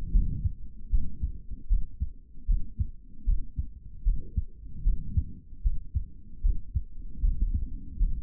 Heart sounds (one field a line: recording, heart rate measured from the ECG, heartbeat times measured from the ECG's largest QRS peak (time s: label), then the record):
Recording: heart sounds by stethoscope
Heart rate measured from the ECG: 76 bpm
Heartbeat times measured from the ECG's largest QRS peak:
0.12 s: heartbeat
0.90 s: heartbeat
1.68 s: heartbeat
2.46 s: heartbeat
3.25 s: heartbeat
4.04 s: heartbeat
4.83 s: heartbeat
5.63 s: heartbeat
6.42 s: heartbeat
7.21 s: heartbeat
7.98 s: heartbeat
From the record:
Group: healthy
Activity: rest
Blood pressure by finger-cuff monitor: 120/94 mmHg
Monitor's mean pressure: 103 mmHg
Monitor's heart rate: 76 bpm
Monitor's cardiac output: 3.3 L/min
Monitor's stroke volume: 43 mL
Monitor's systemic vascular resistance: 2300 dyn s/cm5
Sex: male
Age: 55 years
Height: 167 cm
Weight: 57.2 kg